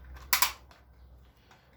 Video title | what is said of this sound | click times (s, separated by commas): Şarjlı Matkap Batarya Yenileme Muhteşem Oldu(Bosch psr 1200) | bastırdığımızda tık diyerek oturdu | 0.3 s